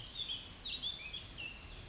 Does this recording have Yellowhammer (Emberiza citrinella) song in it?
no